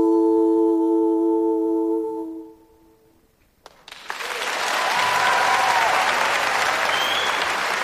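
A held musical chord fades into a brief hush, then an audience breaks into loud, dense, sustained applause that carries steadily to the end.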